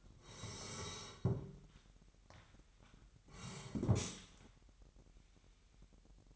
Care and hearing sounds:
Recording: daily activity, microphone in the room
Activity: sit down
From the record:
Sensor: 3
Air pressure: 998.5 hPa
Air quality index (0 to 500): 130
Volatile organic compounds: 4 ppm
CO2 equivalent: 1550 ppm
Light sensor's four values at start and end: 12/30/12/13 and 12/29/12/13

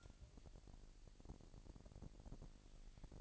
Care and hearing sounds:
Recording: daily activity, microphone in the room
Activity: take from stove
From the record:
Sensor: 5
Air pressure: 1002.1 hPa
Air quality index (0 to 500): 249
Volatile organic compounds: 9 ppm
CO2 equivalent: 2141 ppm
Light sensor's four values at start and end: 23/49/22/24 and 23/49/22/24

